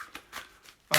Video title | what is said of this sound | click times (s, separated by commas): KWC 1911 / AIRSOFT UNBOXING AND REVIEW | locked in place no I press the button it comes you don't lose you mag 911 | 0.9 s